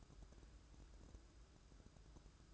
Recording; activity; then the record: daily activity, microphone in the room; take from stove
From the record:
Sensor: 2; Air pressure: 1007.9 hPa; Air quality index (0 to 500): 106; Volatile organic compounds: 1 ppm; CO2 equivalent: 793 ppm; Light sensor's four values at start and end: 7/16/6/6 and 7/16/6/6